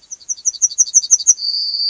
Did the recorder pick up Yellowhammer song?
yes